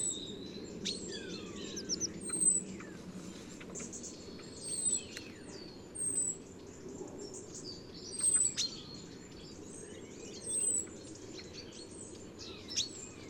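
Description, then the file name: European robin calls: repeated very high, thin notes and sharp sliding whistles at irregular intervals, set against a steady low rumble. "Erithacus rubecula"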